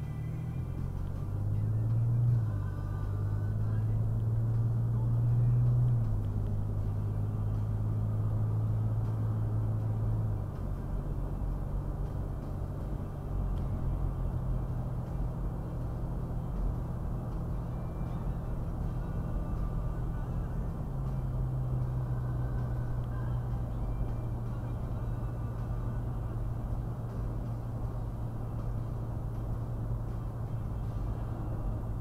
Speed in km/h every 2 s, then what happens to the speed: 24, 37, 47, 53, 58, 61, 63, 64, 63, 63, 63, 63, 61, 61, 61, 60.
0-11 speeds up to 63. 11-32 steady at about 63.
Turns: none.